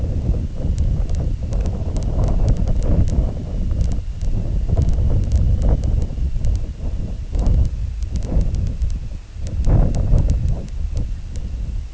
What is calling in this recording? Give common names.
none